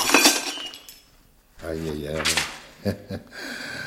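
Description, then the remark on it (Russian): An expensive crystal wine glass, dropped from a trembling hand, shatters at the start in a bright, crackling burst of tinkling shards, then falls quiet before a man's voice begins speaking. “Дрогнула рука. Такой дорогой хрустальный бокал.”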